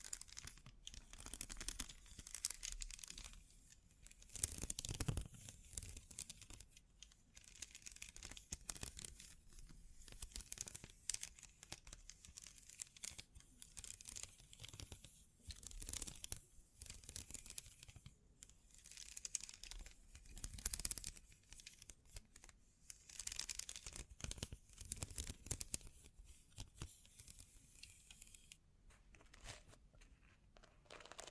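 Bling bling triggers: dense crinkling, tearing and tapping sounds, bright and fizzy, with irregular louder bursts around 5, 16, 21 and 24 seconds.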